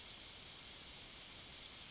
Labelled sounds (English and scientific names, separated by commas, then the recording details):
Yellowhammer (Emberiza citrinella) song
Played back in forest
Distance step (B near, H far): B
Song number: 047